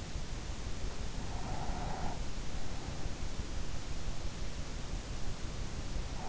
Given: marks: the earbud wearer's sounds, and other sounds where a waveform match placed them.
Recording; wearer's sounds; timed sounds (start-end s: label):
sounds in sleep by an in-ear microphone; breath
0.97-3.02 s: breath